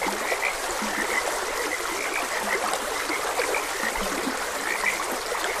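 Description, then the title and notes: Frogs croaking: scattered high chirpy notes set against continuous babbling stream water. Frogs croaking beside a gentle stream. "Gentle Stream and Frogs Croaking. Sleep and Relaxation Podcast"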